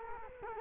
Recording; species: mosquito wingbeat signal from an infrared sensor; Culex quinquefasciatus